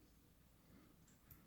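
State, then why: Not seated. A rounded faux druzy cabochon sitting slightly high in an earring's bezel setting is handled before being pressed down. Low steady rumble and faint handling noise fill the clip, with a brief sharp tick near 1.3 s. Nothing has seated or snapped in yet.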